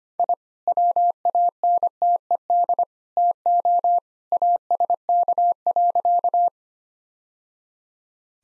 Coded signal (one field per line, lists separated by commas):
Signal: Morse code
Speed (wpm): 25 wpm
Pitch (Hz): 700 Hz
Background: none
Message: I WANTED TO ASK.